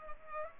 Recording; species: mosquito wingbeat signal from an infrared sensor; Culex pipiens